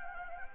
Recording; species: mosquito wingbeat signal from an infrared sensor; Anopheles gambiae